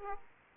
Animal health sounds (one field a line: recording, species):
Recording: mosquito wingbeat signal from an infrared sensor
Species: Aedes aegypti